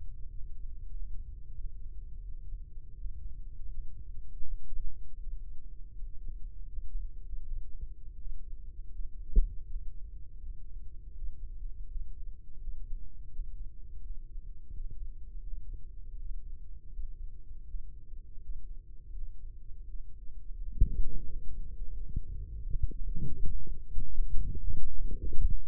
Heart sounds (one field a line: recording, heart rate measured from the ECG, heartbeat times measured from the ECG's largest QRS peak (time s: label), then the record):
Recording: heart sounds by microphone in the right ear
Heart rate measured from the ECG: 83 bpm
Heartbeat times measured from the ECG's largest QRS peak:
0.28 s: heartbeat
0.89 s: heartbeat
1.54 s: heartbeat
2.22 s: heartbeat
2.94 s: heartbeat
3.67 s: heartbeat
4.41 s: heartbeat
5.17 s: heartbeat
5.92 s: heartbeat
6.67 s: heartbeat
7.41 s: heartbeat
8.15 s: heartbeat
8.89 s: heartbeat
9.64 s: heartbeat
10.38 s: heartbeat
11.12 s: heartbeat
11.85 s: heartbeat
12.57 s: heartbeat
13.29 s: heartbeat
13.99 s: heartbeat
14.69 s: heartbeat
15.41 s: heartbeat
16.15 s: heartbeat
16.88 s: heartbeat
17.64 s: heartbeat
18.39 s: heartbeat
19.11 s: heartbeat
19.83 s: heartbeat
20.56 s: heartbeat
21.26 s: heartbeat
21.93 s: heartbeat
22.57 s: heartbeat
23.19 s: heartbeat
23.83 s: heartbeat
24.59 s: heartbeat
25.47 s: heartbeat
From the record:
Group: healthy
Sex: male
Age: 35 years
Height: 178 cm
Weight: 64 kg